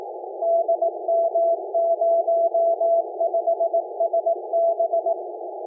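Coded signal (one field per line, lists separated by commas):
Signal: Morse code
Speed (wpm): 18 wpm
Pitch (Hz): 670 Hz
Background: none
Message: DM05SB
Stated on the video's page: Amateur net on 144.240 MHz USB.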